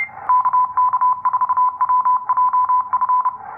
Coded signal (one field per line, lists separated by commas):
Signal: Morse code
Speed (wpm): 30 wpm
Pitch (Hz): 1000 Hz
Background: none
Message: KK4WJF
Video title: Chameleon F-Loop 3.0 Plus SSTV Test | W4KWS Pulls Amazing Signals in Weak Propagation Ham Radio DX.